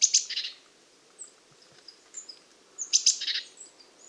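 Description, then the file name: Eurasian blue tit giving two harsh, buzzy churrs, one at the start and one near the end, with faint thin high notes in the gap. "Cyanistes caeruleus"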